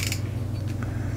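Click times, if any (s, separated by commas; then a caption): none. A metal locking elevation turret cap on a rifle scope is handled over a steady low hum, with a brief sharp tick near the start and faint mechanical clicking after it. Nothing has seated or clicked home yet; the cap has not snapped back down into its lock.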